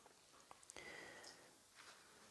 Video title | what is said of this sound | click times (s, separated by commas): Formula MOD Shock ⚡️ How to Change the Compression Tune (2020) | but it's easy because here we go positive clip positive click | 0.7 s